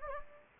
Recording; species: mosquito wingbeat signal from an infrared sensor; Anopheles gambiae